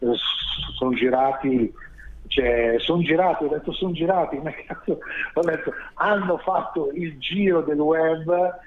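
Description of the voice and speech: An adult man speaking Italian, with a drawn-out opening 's', a phrase repeated three times and stretched sounds, typical of stuttering. He stutters now and then, and his stutter can sound like breaks in the line.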